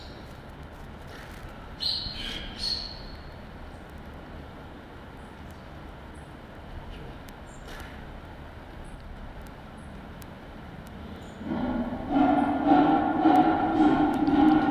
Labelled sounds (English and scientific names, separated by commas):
Tiger (Panthera tigris)